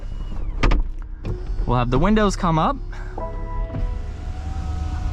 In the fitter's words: it will lock into place